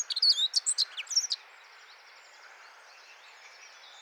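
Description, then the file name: Eurasian blackcap, one quick warbling burst of high, varied notes lasting just over a second, followed by quiet background. "Sylvia atricapilla"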